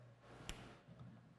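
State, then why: Seated. A NanoNeedle arthroscope is slid into its straight high-flow sheath cannula until it ratchets and locks, so it will not piston out of the joint. A single sharp, broadband tick is heard at 0.5 s over a low background hum. The scope is seated and locked in the cannula.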